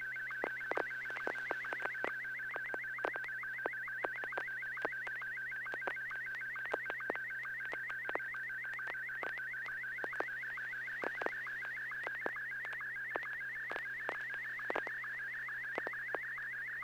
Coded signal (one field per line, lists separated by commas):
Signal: SSTV (slow-scan television)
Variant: Martin 1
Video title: N6NA SSTV Net - 11/25/2020